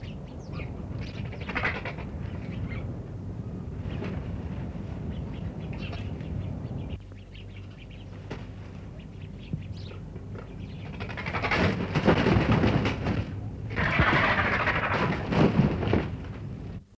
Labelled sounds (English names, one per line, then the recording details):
Griffon Vulture call
Himalayan Vulture
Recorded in captivity
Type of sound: call
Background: Gyps himalayensis
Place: Tierpark Berlin, Berlin, DE
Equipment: Halbspur, 9,5 cm/s
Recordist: Lütgens, Hans
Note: Gänsegeier mit Schneegeier, die letzten Laute sind vom Gänsegeier